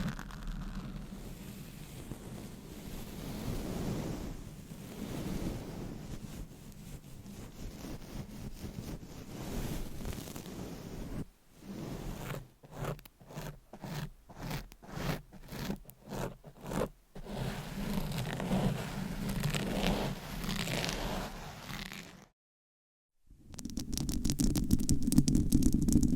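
Dense scratching and rubbing on a microphone fill the first ten seconds with a soft, rustling hiss. Around eleven seconds it turns into quick rhythmic strokes, about two per second, then a steady scrape, a second of silence, and louder, rougher scratching.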